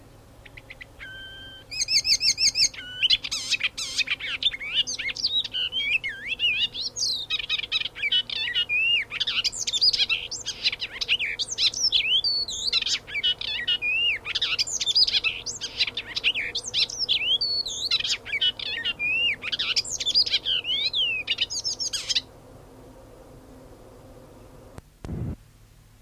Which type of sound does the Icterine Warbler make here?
song